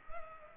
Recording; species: mosquito wingbeat signal from an infrared sensor; Culex pipiens